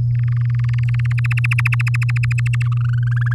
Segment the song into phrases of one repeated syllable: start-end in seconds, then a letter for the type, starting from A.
0.15-1.06 A, 1.11-2.63 B, 2.64-3.33 C